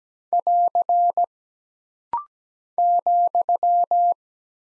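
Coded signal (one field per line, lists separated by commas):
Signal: Morse code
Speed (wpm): 17 wpm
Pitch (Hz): 700 Hz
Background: none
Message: <AR> ,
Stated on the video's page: Computer-generated morse code practice at 17 wpm of single punctuation and prosign characters, for instant character recognition drill.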